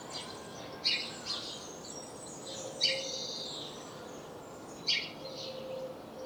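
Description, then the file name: House sparrow calls, sharp chirps roughly every two seconds, with softer twittering between them and a steady background hiss. "Passer domesticus"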